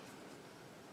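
A Garmin ECHOMAP Ultra 106sv fishfinder display sits in its bail mount, rocked back, while the plastic bail mount latch is handled before it is pressed down to lock the display in place. Only a steady, even broadband hiss is heard with no sharp transients. Nothing has clicked or seated yet; the latch is not yet home.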